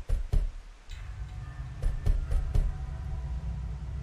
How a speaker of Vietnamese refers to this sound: Bên ngoài, tiếng của mấy bà hàng xóm in ỏi đập cửa. Mãi một lúc sau mới nghe có tiếng trả lời. Ai mà giờ này đập cửa ôm sòm vậy?